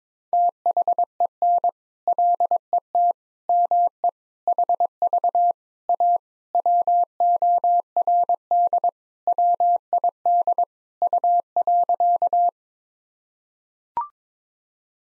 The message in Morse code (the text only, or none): THEN LET ME HV A WORD WID U.